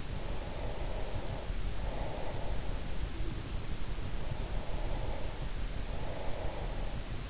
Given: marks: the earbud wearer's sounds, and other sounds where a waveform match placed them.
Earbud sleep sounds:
sounds in sleep by an in-ear microphone; breath
0.16-3.00 s: breath
4.10-7.30 s: breath

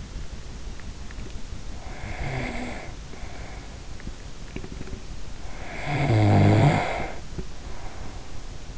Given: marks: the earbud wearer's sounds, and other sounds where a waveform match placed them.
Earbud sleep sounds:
sounds in sleep by an in-ear microphone; snoring breath
1.60-4.19 s: snoring breath
5.19-8.78 s: snoring breath

